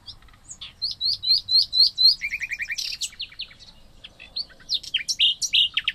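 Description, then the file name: Common nightingale song: a series of repeated whistled notes, then rapid chattering trills and varied sharp notes in quick succession. "Luscinia megarhynchos"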